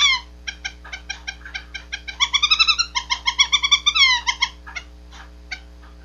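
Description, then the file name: Owl finch song: quick bursts of short nasal, harmonic notes, then a run of drawn-out upslurred mewing notes and a few scattered clicks, over a steady low electrical hum. Male. "suara owl finch jantan"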